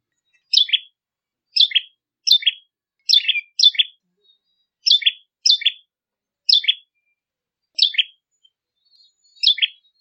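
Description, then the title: Bar-winged prinia giving a series of ten crisp, descending two-note chirps, sometimes in quick pairs, at an uneven pace, with nothing else audible. "Suara Ciblek Kristal"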